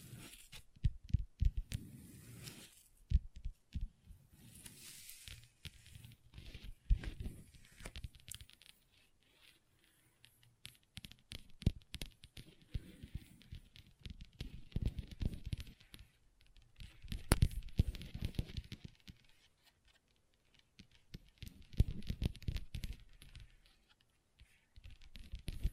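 Long nails tap and scratch across a table in irregular bursts, sharp clicks mixed with rough, papery scraping that swells and fades in waves roughly every few seconds. Strong taps stand out near 1, 7 and 17 seconds, with quieter pauses between passages.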